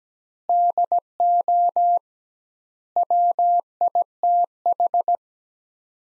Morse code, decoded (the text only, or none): DO WITH